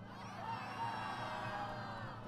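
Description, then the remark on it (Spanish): A large crowd at a pro-Palestinian protest shouts and cheers slogans against genocide in a steady, dense roar, with overlapping high whoops and yells sustained throughout at a loud, even level. “Como lo entiendan, con las palabras que quieran gritarlo, con los ruidos que quieran hacer.”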